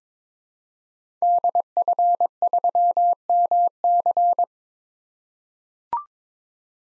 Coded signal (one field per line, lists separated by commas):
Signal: Morse code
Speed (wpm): 22 wpm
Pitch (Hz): 700 Hz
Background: none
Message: DF3MC